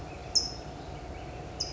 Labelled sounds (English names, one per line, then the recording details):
California Towhee
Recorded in Sonoma County, California